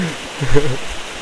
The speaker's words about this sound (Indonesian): Kedengeran kan nih suaranya? Saya di sini hujan, atapnya juga jadi berisik.